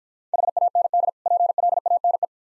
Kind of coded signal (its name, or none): Morse code